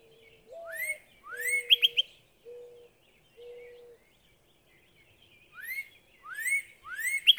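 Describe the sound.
Northern cardinal phrases of upslurred whistles and brief rapid notes, mixed with low, drawn-out cooing notes from another bird.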